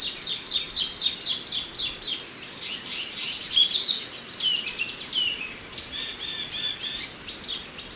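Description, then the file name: Chinese hwamei song: a fast series of repeated whistled notes, then louder varied slurred phrases, with steady hiss throughout. "suara alam hwamei"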